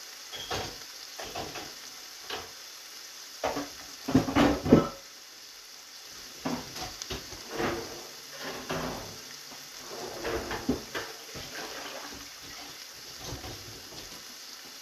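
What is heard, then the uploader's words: Eggs and bell peppers frying in a pan, with a steady low sizzle running underneath the whole time. Over it come frequent irregular scraping and clattering bursts from stirring, the loudest around four to five seconds, then more spread out clusters. Frying eggs and Bell Peppers.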